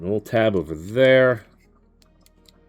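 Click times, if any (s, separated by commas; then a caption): 2.5 s. Someone talks, then a small plastic tab on the leg of a plastic transforming action figure is pressed into its mating slot during transformation. A few faint ticks follow before the tab clicks and locks into place at 2.5 seconds.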